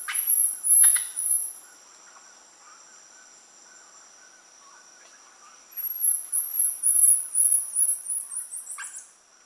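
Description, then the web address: Silvery marmoset giving very high, thin chirping notes in two bursts, a short series at the start and a longer run near the end, over a steady high background hum. Primate of the South American rainforest. "Natures Songs S America Primates of the Rainforest Silvery marmoset"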